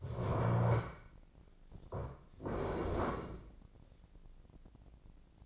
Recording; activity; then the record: daily activity, microphone in the room; stand up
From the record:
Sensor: 5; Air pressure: 1012.3 hPa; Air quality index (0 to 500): 162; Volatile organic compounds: 2 ppm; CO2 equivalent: 1108 ppm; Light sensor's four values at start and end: 263/626/269/298 and 263/626/268/299